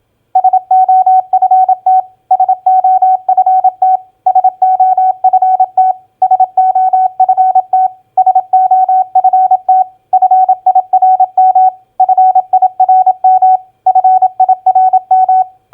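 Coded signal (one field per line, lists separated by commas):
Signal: Morse code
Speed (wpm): 27 wpm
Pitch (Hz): 750 Hz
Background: none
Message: SOFT SOFT SOFT SOFT SOFT FIRM FIRM FIRM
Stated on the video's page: Morse practice drill of common four-letter word recognition, played at 27 wpm.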